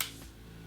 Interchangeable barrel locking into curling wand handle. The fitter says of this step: and wait for it to click. And then you know for sure that it's secure